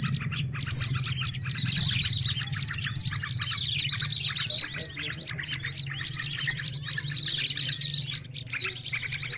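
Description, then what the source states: Bird chorus of busy overlapping chirps and fast high trills, pouring out continuously over a steady low hum. Noisy bird chatter, intended as a lure for catching birds.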